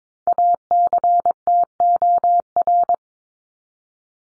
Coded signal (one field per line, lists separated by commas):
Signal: Morse code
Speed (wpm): 22 wpm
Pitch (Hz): 700 Hz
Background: none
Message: ACTOR